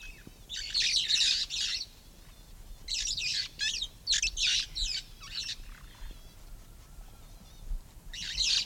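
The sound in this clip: Red-fronted parrot squawking in bursts, harsh raspy notes tumbling together in groups, with a gap before a final screech near the end.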